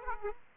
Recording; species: mosquito wingbeat signal from an infrared sensor; Aedes aegypti